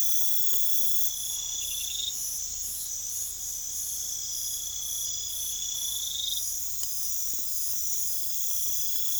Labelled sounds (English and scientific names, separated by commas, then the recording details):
none
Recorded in pastures near Puerto Asís, Putumayo, Colombia, on 21 December 2024 at 22:30
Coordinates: 0.487, -76.322
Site GP09